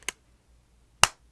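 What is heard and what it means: The metal kiss-lock clasp of a small clutch purse is worked by hand, with two faint, quick ticks at the very start. Then the clasp snaps shut with a single sharp, loud click at 1.0 s, leaving it closed.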